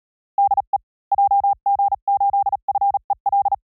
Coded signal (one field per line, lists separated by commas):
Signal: Morse code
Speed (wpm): 37 wpm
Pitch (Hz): 800 Hz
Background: none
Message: DE JG8FEL